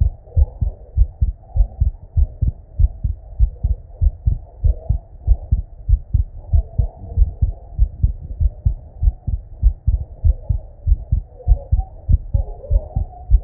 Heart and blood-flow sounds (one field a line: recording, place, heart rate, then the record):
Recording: heart sounds by stethoscope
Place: Erb's point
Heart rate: 97 bpm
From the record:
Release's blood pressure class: normal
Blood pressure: 106/56 mmHg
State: at rest